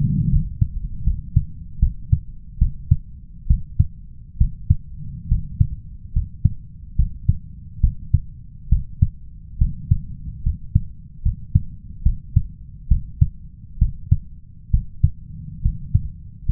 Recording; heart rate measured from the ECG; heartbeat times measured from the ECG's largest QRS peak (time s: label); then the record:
heart sounds by stethoscope; 71 bpm
0.30 s: heartbeat
1.04 s: heartbeat
1.79 s: heartbeat
2.58 s: heartbeat
3.47 s: heartbeat
4.38 s: heartbeat
5.28 s: heartbeat
6.13 s: heartbeat
6.96 s: heartbeat
7.80 s: heartbeat
8.69 s: heartbeat
9.58 s: heartbeat
10.43 s: heartbeat
11.22 s: heartbeat
12.03 s: heartbeat
12.88 s: heartbeat
13.78 s: heartbeat
14.70 s: heartbeat
15.62 s: heartbeat
16.45 s: heartbeat
From the record:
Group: healthy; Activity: rest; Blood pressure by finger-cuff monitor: 99/67 mmHg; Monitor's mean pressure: 76 mmHg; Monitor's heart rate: 72 bpm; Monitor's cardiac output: 5.3 L/min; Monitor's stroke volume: 74 mL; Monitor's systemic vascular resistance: 1030 dyn s/cm5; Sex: male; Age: 21 years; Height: 170 cm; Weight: 71 kg